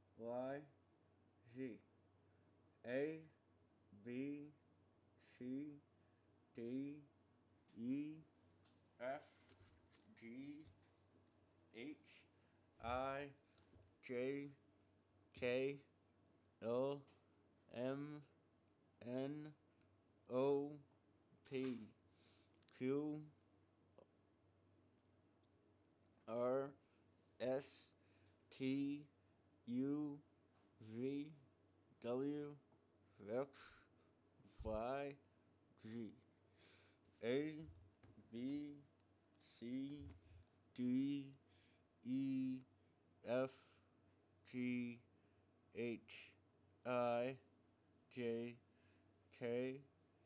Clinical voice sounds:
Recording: letters of the alphabet, spoken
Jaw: constrained by a bite bar between the teeth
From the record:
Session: first day, right after the free take

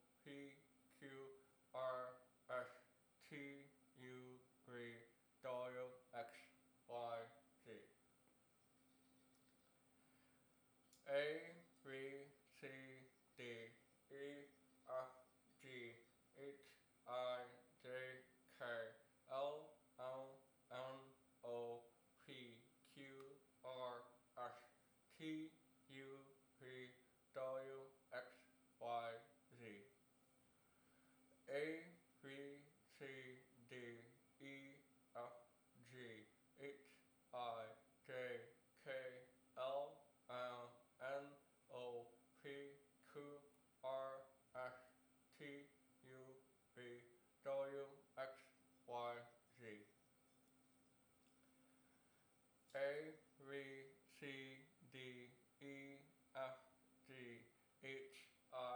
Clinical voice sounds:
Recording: letters of the alphabet, spoken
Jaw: constrained by a bite bar between the teeth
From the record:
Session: first day, right after the free take

